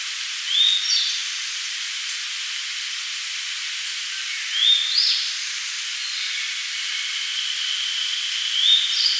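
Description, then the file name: Grey bunting whistles: three brief phrases roughly four seconds apart, each opening with an upslurred note and ending in higher fragments, over continuous background hiss. "Emberiza variabilis"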